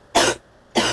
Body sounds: coughing mixed with background sound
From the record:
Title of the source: 61 morning phlegmy cough...again

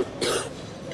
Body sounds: coughing mixed with background sound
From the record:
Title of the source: 30 Chesty and wet cough

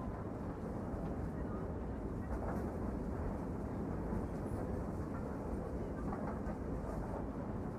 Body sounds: background sound without coughing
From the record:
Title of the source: Train Ride Ambience ambient white noise for sleeping, focus, studying, reading

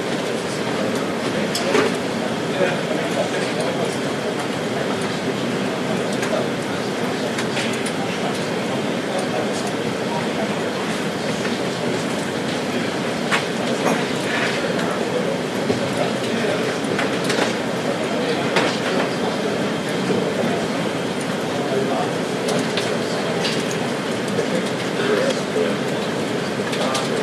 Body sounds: background sound without coughing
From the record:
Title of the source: Office Sounds Ambience - Background Noise for Study and Work

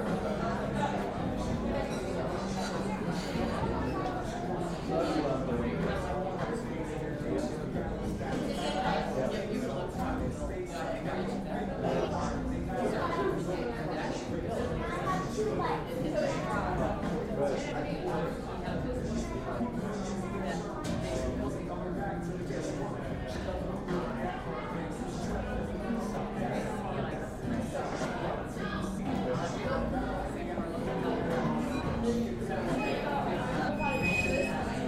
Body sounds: background sound without coughing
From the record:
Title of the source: 60 minutes of coffee shop sounds for study and concentration

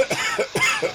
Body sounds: coughing mixed with background sound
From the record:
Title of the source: Dry Afternoon Cough

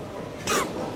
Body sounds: coughing mixed with background sound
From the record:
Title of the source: 31 night wet cough

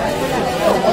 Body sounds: background sound without coughing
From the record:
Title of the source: Nightlife Party Simulating Party Club Noise 1 Hour

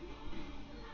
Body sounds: background sound without coughing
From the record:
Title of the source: BackgroundMusic4

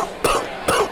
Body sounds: coughing mixed with background sound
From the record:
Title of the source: Coughing 79

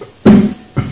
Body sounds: coughing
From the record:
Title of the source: Mid-morning Winter Coughing Fit

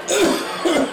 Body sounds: coughing mixed with background sound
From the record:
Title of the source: Residual Phlegmy Morning Coughing and Gagging

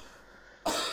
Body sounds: coughing mixed with background sound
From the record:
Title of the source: Spring Allergy Coughing

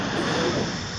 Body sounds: coughing mixed with background sound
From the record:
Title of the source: Coughing 77

